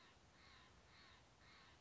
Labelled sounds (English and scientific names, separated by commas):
Steller's Jay (Cyanocitta stelleri)